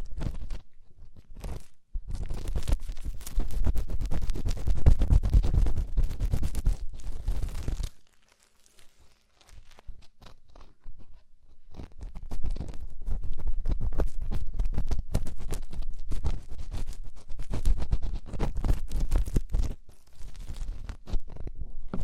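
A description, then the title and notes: Deep ear cleaning, heard as dense crackly scratching and crunching that fills most of the clip. A loud rustling burst runs from the start to about eight seconds, followed by a brief near-silent pause. The scraping then returns, steady and grainy, until the end. ASMR INTENSE Deep Ear Cleaning (No Talking).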